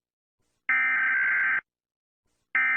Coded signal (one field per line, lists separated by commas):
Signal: Emergency Alert System (SAME) tones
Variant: header bursts